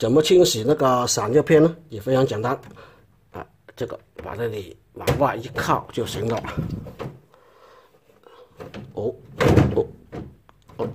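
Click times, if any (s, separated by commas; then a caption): 9.4 s. Someone talks while the plastic front panel of an indoor air-conditioner unit is pushed outward, with a few light knocks and rustles. A loud knock at 9.4 s marks the panel latching tight in its open position.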